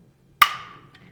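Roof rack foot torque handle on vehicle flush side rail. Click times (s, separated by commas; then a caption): 0.4 s. The torque-limiting handle on a Thule roof rack foot is tightened on a 2016-2022 Jaguar F-PACE 5-door SUV with flush rails, clamping the foot to the flush side rail and the bar at the same time. A single loud, sharp click at 0.4 s rings out and fades, followed by a faint tick near 0.95 s. The click confirms the handle has reached full tightness.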